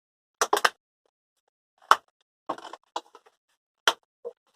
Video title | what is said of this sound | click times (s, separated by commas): TFTT061 Changing Dyson DC14 Filters | you just snap into place now | 3.9 s